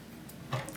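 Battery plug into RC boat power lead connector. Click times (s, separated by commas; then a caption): 0.5 s, 0.7 s. A battery lead connector is plugged into the power connector of a Feilun FT009 RC boat. There is a faint tick at 0.3 s, then quiet plastic clicks at 0.5 s and 0.7 s as the plug seats. The connector is confirmed plugged in.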